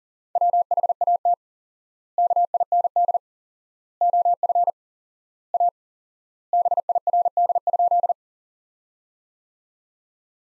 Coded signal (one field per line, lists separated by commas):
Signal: Morse code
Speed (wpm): 40 wpm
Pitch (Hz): 700 Hz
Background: none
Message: WHAT KIND OF A BIRD?